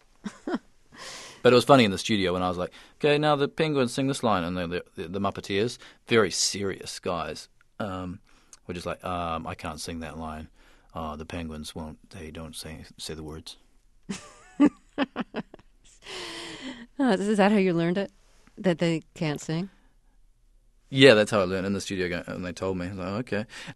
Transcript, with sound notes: But it was funny in the studio when I was like, OK, now the penguins sing this line and the Muppeteers, very serious guys, are like just like, um, I can't sing that line. Uh, the penguins, they don't say the words.
(SOUNDBITE OF LAUGHTER)
Is that how you learned it, that they can't sing?
Yeah, that's how I learned it, in the studio and they told me.